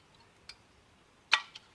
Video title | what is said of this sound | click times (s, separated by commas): How to replace your 2016 VW Caravelle font pads | So it's just snapped into place then. | 1.3 s